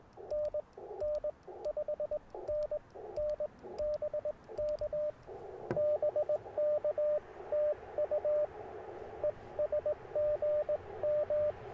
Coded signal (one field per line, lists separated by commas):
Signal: Morse code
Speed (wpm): 20 wpm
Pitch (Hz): 600 Hz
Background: radio noise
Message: NN 5NN BK BK TU ES GM